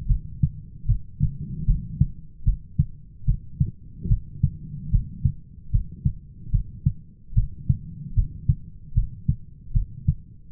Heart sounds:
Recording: heart sounds by stethoscope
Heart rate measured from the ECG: 75 bpm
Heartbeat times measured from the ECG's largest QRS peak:
0.10 s: heartbeat
0.89 s: heartbeat
1.68 s: heartbeat
2.47 s: heartbeat
3.28 s: heartbeat
4.11 s: heartbeat
4.93 s: heartbeat
5.74 s: heartbeat
6.53 s: heartbeat
7.37 s: heartbeat
8.17 s: heartbeat
8.96 s: heartbeat
9.75 s: heartbeat
From the record:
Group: heart failure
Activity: rest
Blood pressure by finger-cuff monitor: 115/85 mmHg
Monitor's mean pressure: 95 mmHg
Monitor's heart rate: 75 bpm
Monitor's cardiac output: 6.7 L/min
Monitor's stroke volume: 91 mL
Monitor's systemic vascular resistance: 1070 dyn s/cm5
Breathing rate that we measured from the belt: 19 breaths a minute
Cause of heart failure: idiopathic cardiomyopathy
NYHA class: 1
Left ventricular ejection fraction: 50%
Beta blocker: bisoprolol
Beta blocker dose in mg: 5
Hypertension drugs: candesartan, spironolactone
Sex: male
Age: 54 years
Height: 180 cm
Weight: 94.6 kg

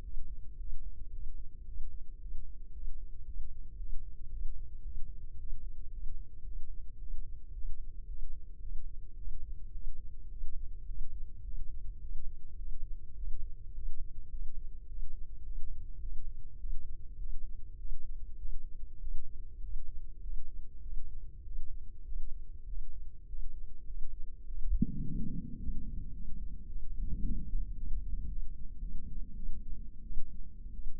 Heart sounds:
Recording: heart sounds by microphone in the left ear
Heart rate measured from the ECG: 106 bpm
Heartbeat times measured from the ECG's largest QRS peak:
0.01 s: heartbeat
0.57 s: heartbeat
1.10 s: heartbeat
1.65 s: heartbeat
2.18 s: heartbeat
2.71 s: heartbeat
3.24 s: heartbeat
3.77 s: heartbeat
4.29 s: heartbeat
4.82 s: heartbeat
5.37 s: heartbeat
5.90 s: heartbeat
6.43 s: heartbeat
6.98 s: heartbeat
7.53 s: heartbeat
8.06 s: heartbeat
8.60 s: heartbeat
9.16 s: heartbeat
9.72 s: heartbeat
10.29 s: heartbeat
10.86 s: heartbeat
11.42 s: heartbeat
12.00 s: heartbeat
12.56 s: heartbeat
13.15 s: heartbeat
13.73 s: heartbeat
14.30 s: heartbeat
14.86 s: heartbeat
15.43 s: heartbeat
16.00 s: heartbeat
16.57 s: heartbeat
17.17 s: heartbeat
17.76 s: heartbeat
18.37 s: heartbeat
18.99 s: heartbeat
19.60 s: heartbeat
20.20 s: heartbeat
20.80 s: heartbeat
21.42 s: heartbeat
22.03 s: heartbeat
22.65 s: heartbeat
23.26 s: heartbeat
23.85 s: heartbeat
24.45 s: heartbeat
25.01 s: heartbeat
25.58 s: heartbeat
26.12 s: heartbeat
26.67 s: heartbeat
27.22 s: heartbeat
27.75 s: heartbeat
28.28 s: heartbeat
28.80 s: heartbeat
29.34 s: heartbeat
30.02 s: heartbeat
30.71 s: heartbeat
From the record:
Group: healthy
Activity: breath hold 0-23 s, rest 23-31 s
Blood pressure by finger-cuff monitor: 106/78 mmHg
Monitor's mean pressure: 89 mmHg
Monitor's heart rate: 104 bpm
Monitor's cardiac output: 7.6 L/min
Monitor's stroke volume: 73 mL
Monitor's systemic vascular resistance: 860 dyn s/cm5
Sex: female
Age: 19 years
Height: 163 cm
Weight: 51 kg

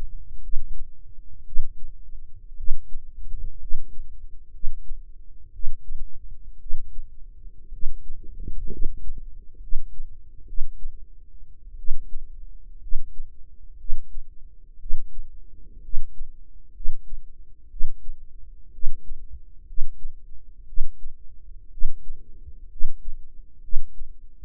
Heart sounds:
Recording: heart sounds by microphone in the right ear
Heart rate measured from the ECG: 60 bpm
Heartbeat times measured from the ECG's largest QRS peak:
0.41 s: heartbeat
1.44 s: heartbeat
2.55 s: heartbeat
3.58 s: heartbeat
4.50 s: heartbeat
5.51 s: heartbeat
6.57 s: heartbeat
7.70 s: heartbeat
8.68 s: heartbeat
9.59 s: heartbeat
10.44 s: heartbeat
11.75 s: heartbeat
12.78 s: heartbeat
13.76 s: heartbeat
14.77 s: heartbeat
15.80 s: heartbeat
16.71 s: heartbeat
17.67 s: heartbeat
18.70 s: heartbeat
19.64 s: heartbeat
20.64 s: heartbeat
21.68 s: heartbeat
22.67 s: heartbeat
23.59 s: heartbeat
From the record:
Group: healthy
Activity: rest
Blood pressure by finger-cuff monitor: 127/82 mmHg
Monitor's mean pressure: 102 mmHg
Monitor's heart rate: 61 bpm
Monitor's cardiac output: 5.8 L/min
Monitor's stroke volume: 96 mL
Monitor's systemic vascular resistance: 1310 dyn s/cm5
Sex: female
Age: 23 years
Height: 160 cm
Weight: 50.4 kg

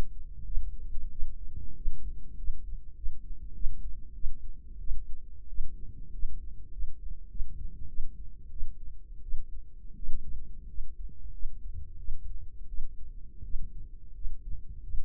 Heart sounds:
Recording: heart sounds by microphone in the right ear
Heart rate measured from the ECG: 92 bpm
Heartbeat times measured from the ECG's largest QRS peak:
0.46 s: heartbeat
1.12 s: heartbeat
1.76 s: heartbeat
2.38 s: heartbeat
2.96 s: heartbeat
3.54 s: heartbeat
4.14 s: heartbeat
4.80 s: heartbeat
5.49 s: heartbeat
6.13 s: heartbeat
6.72 s: heartbeat
7.30 s: heartbeat
7.88 s: heartbeat
8.51 s: heartbeat
9.23 s: heartbeat
9.97 s: heartbeat
10.68 s: heartbeat
11.33 s: heartbeat
11.98 s: heartbeat
12.68 s: heartbeat
13.44 s: heartbeat
14.15 s: heartbeat
14.83 s: heartbeat
From the record:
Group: healthy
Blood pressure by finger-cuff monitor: 96/44 mmHg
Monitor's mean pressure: 60 mmHg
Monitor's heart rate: 93 bpm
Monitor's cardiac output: 9.6 L/min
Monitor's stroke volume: 103 mL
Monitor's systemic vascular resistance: 430 dyn s/cm5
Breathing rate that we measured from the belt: 15 breaths a minute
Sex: female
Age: 22 years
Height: 157 cm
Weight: 47.6 kg

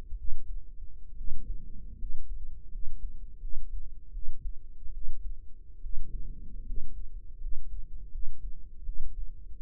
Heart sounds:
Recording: heart sounds by microphone in the right ear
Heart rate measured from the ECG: 76 bpm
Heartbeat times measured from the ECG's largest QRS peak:
0.17 s: heartbeat
1.16 s: heartbeat
1.98 s: heartbeat
2.70 s: heartbeat
3.40 s: heartbeat
4.12 s: heartbeat
4.92 s: heartbeat
5.81 s: heartbeat
6.65 s: heartbeat
7.40 s: heartbeat
8.11 s: heartbeat
8.84 s: heartbeat
From the record:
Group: healthy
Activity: rest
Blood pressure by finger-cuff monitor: 122/62 mmHg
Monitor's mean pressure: 78 mmHg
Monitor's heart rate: 75 bpm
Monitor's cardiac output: 8.2 L/min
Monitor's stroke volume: 110 mL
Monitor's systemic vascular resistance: 700 dyn s/cm5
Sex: male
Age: 23 years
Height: 179 cm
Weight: 87 kg

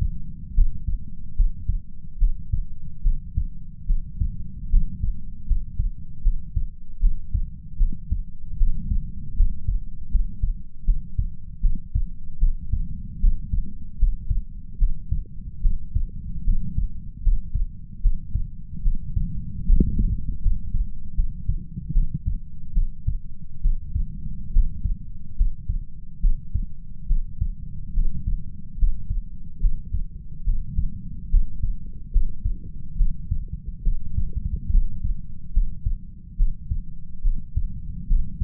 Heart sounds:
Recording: heart sounds by stethoscope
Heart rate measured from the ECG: 74 bpm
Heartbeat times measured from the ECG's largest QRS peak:
0.53 s: heartbeat
1.34 s: heartbeat
2.17 s: heartbeat
3.01 s: heartbeat
3.85 s: heartbeat
4.68 s: heartbeat
5.45 s: heartbeat
6.21 s: heartbeat
6.98 s: heartbeat
7.76 s: heartbeat
8.56 s: heartbeat
9.34 s: heartbeat
10.09 s: heartbeat
10.83 s: heartbeat
11.60 s: heartbeat
12.38 s: heartbeat
13.19 s: heartbeat
13.97 s: heartbeat
14.77 s: heartbeat
15.60 s: heartbeat
16.43 s: heartbeat
17.21 s: heartbeat
18.00 s: heartbeat
18.81 s: heartbeat
19.64 s: heartbeat
20.40 s: heartbeat
21.14 s: heartbeat
21.92 s: heartbeat
22.72 s: heartbeat
23.61 s: heartbeat
24.51 s: heartbeat
25.35 s: heartbeat
26.19 s: heartbeat
27.06 s: heartbeat
27.92 s: heartbeat
28.76 s: heartbeat
29.59 s: heartbeat
30.43 s: heartbeat
31.28 s: heartbeat
32.10 s: heartbeat
32.95 s: heartbeat
33.82 s: heartbeat
34.69 s: heartbeat
35.51 s: heartbeat
36.35 s: heartbeat
37.21 s: heartbeat
38.06 s: heartbeat
From the record:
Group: healthy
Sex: female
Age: 26 years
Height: 165 cm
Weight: 55 kg

